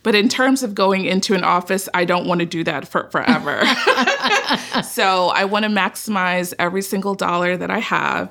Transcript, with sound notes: But in terms of going into an office, I don't want to do that forever. [LAUGHS] So I want to maximize every single dollar that I have.